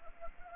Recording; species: mosquito wingbeat signal from an infrared sensor; Anopheles gambiae